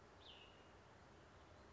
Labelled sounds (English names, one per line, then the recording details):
Cassin's Vireo
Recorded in Sonoma County, California